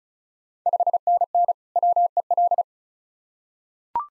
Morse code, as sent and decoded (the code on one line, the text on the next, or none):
..... -. -. / .-- . .-..
5NN WEL